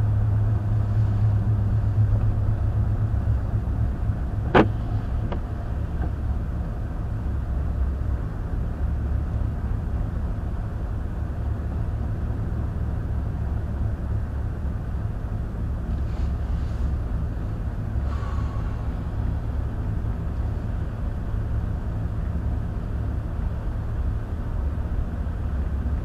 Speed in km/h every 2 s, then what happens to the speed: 34, 32, 31, 27, 27, 29, 29, 29, 29, 29, 29, 29, 27.
0-6 slows to 27. 6-26 steady at about 29.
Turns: none.